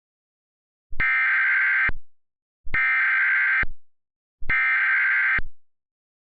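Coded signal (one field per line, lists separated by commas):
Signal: Emergency Alert System (SAME) tones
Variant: header bursts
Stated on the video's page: Mock, simulated all-clear alert.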